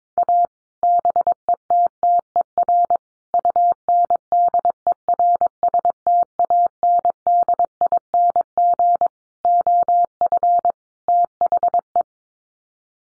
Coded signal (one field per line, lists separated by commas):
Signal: Morse code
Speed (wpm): 22 wpm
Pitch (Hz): 700 Hz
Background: none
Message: A BETTER UNDERSTANDING OF THE